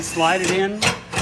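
A metal filter tub is slid into the base of an UltraPro 14 commercial deep fryer cabinet while someone talks. Nothing has seated or clicked yet; the clip ends just before the tub locks in place.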